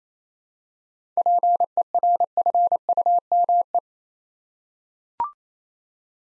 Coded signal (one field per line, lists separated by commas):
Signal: Morse code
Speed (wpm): 28 wpm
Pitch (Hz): 700 Hz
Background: none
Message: PERFUME